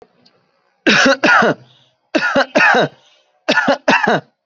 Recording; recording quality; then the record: heavy voluntary cough; excellent, no background noise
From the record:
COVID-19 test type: RT-PCR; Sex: male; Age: 31 years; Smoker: no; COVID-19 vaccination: both doses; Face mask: worn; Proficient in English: yes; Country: India